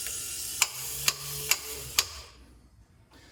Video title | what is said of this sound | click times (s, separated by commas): 1965-66 Thunderbird, 1961-64 Cadillac Power Antenna Reassembly, part 3 | And that tells you when it's done, when you hear that clicking. | 0.6 s, 1.1 s, 1.5 s, 2.0 s